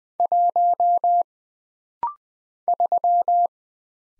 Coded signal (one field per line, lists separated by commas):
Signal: Morse code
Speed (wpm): 20 wpm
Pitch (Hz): 700 Hz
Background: none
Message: 1 3